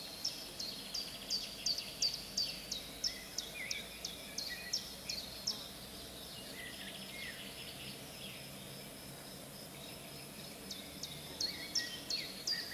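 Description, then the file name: African crake song: a rapid series of sharp, clicking high notes, delivered in bursts of roughly three per second, pausing midway before resuming, over a steady background hiss. "Canto do codornizao africano"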